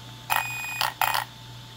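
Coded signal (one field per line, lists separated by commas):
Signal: beep code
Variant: Arrma ESC programming mode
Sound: one long buzzy electronic beep, then one shorter beep, over a low hum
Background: low electrical hum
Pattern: 1 long, 1 short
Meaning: The setting is on level six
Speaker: long beep in one beep that means six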